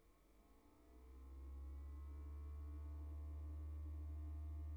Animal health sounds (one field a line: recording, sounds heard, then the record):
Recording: poultry house recording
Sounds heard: no chicken sound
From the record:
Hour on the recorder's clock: 14